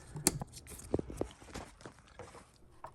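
The wiring harness plug is pushed back onto the mass airflow sensor on the intake of a 2015-2020 Yukon, Tahoe, Suburban, Sierra, Silverado or Escalade with the 6.2L or 5.3L engine. A sharp click at 0.3 s seats the connector. Quieter plastic taps and handling rustles follow until the end.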